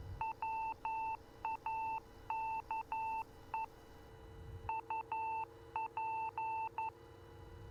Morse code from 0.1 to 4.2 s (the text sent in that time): WAKE